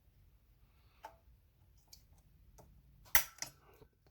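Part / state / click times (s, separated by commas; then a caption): transmission component seating into the transmission assembly / seated / 3.2 s. During a manual transmission rebuild on a 1998–2002 Honda Accord BAXA/MAXA transmission, a part is worked into the transmission assembly with a few faint taps and scrapes. It snaps home with a sharp metallic click at 3.2 s, followed by a smaller tap, and the part is seated.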